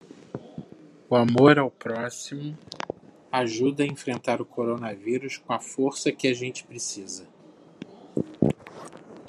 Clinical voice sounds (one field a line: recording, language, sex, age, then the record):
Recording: spoken sentence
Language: Brazilian Portuguese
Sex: male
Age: 50 to 59 years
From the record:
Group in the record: control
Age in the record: 53 years